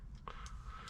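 A plastic data card, called a SIM card, is pushed into the front slot of a Garmin aviation GPS navigator until it latches. One sharp, short click sounds at 0.3 s over a steady low background hum. The card is seated.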